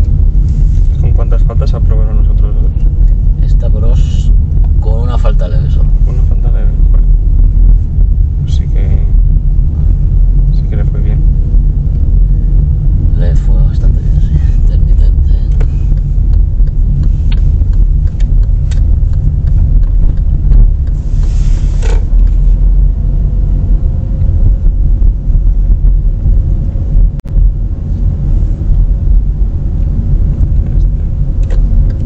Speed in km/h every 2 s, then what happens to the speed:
19, 18, 18, 21, 21, 22, 21, 26, 21, 17, 17, 20, 24, 25, 25, 24.
0-15 steady at about 21. 15-17 brakes to 17. 20-24 speeds up to 24. 24-32 steady at about 24.